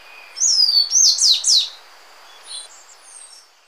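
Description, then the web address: Tricolored brush-finch song: a sweet falling whistle, then three sharp descending slurred notes, with faint high notes trailing afterward over a steady hiss. Ecuador. "Birds of Ecuador Tricolored Brush-Finch"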